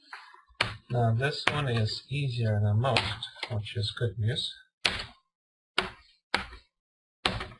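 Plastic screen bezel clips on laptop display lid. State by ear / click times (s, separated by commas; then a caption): released / 4.9 s, 5.8 s, 6.3 s, 7.3 s. On an ASUS G73J (G73JH) laptop display lid with the screws removed, the plastic LCD bezel is lifted from the screen side with fingertips while someone talks. Its plastic retaining clips release with sharp snapping sounds at about 4.9, 5.8, 6.4 and 7.3 seconds. The bezel clips snap loose.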